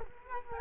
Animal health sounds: mosquito wingbeat signal from an infrared sensor; Culex quinquefasciatus

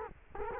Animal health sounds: mosquito wingbeat signal from an infrared sensor; Culex quinquefasciatus

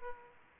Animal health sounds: mosquito wingbeat signal from an infrared sensor; Aedes aegypti

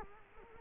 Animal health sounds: mosquito wingbeat signal from an infrared sensor; Culex quinquefasciatus

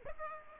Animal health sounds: mosquito wingbeat signal from an infrared sensor; Aedes aegypti

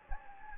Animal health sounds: mosquito wingbeat signal from an infrared sensor; Anopheles gambiae

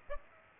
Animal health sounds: mosquito wingbeat signal from an infrared sensor; Aedes aegypti

